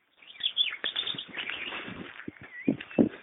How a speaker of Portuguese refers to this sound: Canta, passarinho.